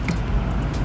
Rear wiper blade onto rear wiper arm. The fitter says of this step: and make sure you hear it pop